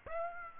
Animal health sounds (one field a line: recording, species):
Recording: mosquito wingbeat signal from an infrared sensor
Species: Aedes aegypti